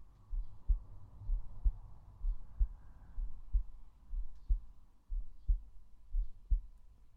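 Steady low paired thumps, about 63 a minute: an ordinary adult heartbeat picked up with the microphone held over the heart.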